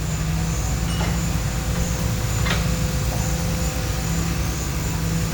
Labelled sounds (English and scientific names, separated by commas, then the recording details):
none
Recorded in pastures near Puerto Asís, Putumayo, Colombia, on 21 December 2024 at 15:00
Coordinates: 0.466, -76.322
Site G040